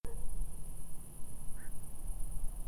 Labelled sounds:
unidentified animal sound, man-made sound, Black-crowned Night-Heron (Nycticorax nycticorax)
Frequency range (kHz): Black-crowned Night-Heron (Nycticorax nycticorax) 1.5-2.1 kHz
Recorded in France

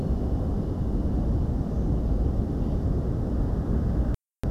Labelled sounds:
European Pied Flycatcher (Ficedula hypoleuca)
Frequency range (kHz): European Pied Flycatcher (Ficedula hypoleuca) 5.6-6.9 kHz
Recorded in France

